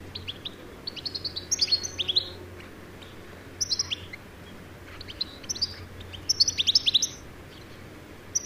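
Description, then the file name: European goldfinch calls: bursts of bright, tinkling twittered notes in quick runs, separated by short pauses, over a faint low hum. "Carduelis carduelis"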